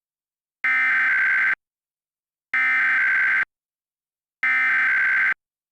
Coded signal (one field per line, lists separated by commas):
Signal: Emergency Alert System (SAME) tones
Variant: header bursts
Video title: [EAS] An RMT Gone Wrong